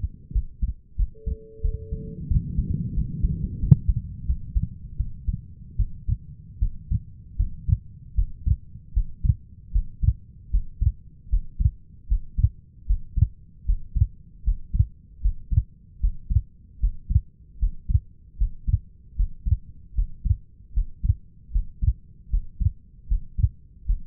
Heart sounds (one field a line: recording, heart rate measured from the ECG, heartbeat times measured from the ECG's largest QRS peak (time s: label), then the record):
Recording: heart sounds by stethoscope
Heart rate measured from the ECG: 79 bpm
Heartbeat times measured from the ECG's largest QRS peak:
0.33 s: heartbeat
0.97 s: heartbeat
1.62 s: heartbeat
2.28 s: heartbeat
2.95 s: heartbeat
3.60 s: heartbeat
4.27 s: heartbeat
4.97 s: heartbeat
5.77 s: heartbeat
6.60 s: heartbeat
7.37 s: heartbeat
8.15 s: heartbeat
8.94 s: heartbeat
9.72 s: heartbeat
10.51 s: heartbeat
11.30 s: heartbeat
12.08 s: heartbeat
12.87 s: heartbeat
13.66 s: heartbeat
14.44 s: heartbeat
15.22 s: heartbeat
16.01 s: heartbeat
16.80 s: heartbeat
17.59 s: heartbeat
18.38 s: heartbeat
19.16 s: heartbeat
19.95 s: heartbeat
20.74 s: heartbeat
21.52 s: heartbeat
22.30 s: heartbeat
23.08 s: heartbeat
23.86 s: heartbeat
From the record:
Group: healthy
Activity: rest 0-4 s, breath hold 4-24 s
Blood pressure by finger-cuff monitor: 130/84 mmHg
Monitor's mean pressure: 96 mmHg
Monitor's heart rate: 77 bpm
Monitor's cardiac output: 5.6 L/min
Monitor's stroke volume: 73 mL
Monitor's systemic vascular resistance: 1220 dyn s/cm5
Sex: female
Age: 37 years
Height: 168 cm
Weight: 70 kg